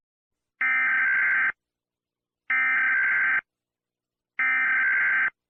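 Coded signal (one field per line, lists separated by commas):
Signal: Emergency Alert System (SAME) tones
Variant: header bursts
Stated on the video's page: Fictional, altered EAS scenario, not a real alert.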